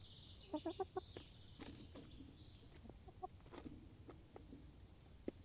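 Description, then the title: Chicken giving a quick burst of four soft clucks, then scattered tapping and pecking clicks with faint high chirps behind. Chickens in a henhouse making little noises while eating; Laren Gld., July 18th 2015. "Henhouse. Kippenhok (Laren Gld"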